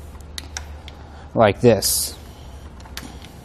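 The integrated cable lock from the rear wheel tray of a Kuat NV 2.0 two-bike rack, mounted on a 2019 Subaru Outback Wagon, is wrapped around the bike and plugged back into its own housing. Sharp clicks at 0.4 s and 0.6 s show the lock seating into itself. Someone talks briefly afterward.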